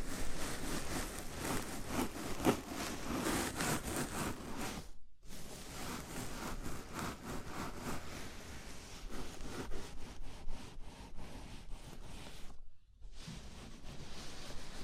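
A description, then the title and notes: A scalp massage with fingers rubbing and scratching through hair, a dense rustling texture full of quick, irregular strokes. The rubbing is loudest in the first few seconds and stops briefly around five and again near thirteen seconds before resuming. ASMR Sleepy Scalp Massage (No Talking).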